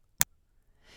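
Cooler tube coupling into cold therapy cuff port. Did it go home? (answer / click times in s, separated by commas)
yes / 0.2 s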